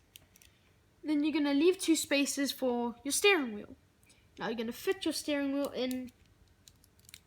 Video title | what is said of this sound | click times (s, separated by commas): Step by Step Awesome Built Car | push it down until it clicks. | 0.2 s